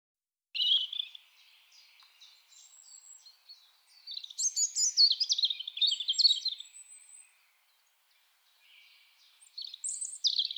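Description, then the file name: European robin song in separate high phrases: a brief opening note, a long cascade of tinkling trills and whistles, silence, then a final sharp phrase. "Erithacus rubecula"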